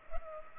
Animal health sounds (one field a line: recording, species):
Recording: mosquito wingbeat signal from an infrared sensor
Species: Culex pipiens